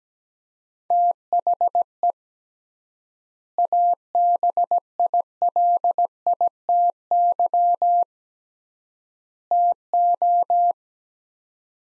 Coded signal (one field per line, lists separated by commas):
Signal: Morse code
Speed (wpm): 17 wpm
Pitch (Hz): 700 Hz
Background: none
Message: THE ABILITY TO